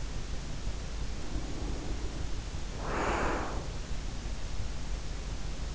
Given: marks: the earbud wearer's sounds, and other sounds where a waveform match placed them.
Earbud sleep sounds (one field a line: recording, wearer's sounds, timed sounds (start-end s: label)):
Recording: sounds in sleep by an in-ear microphone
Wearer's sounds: breath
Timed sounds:
1.06-3.85 s: breath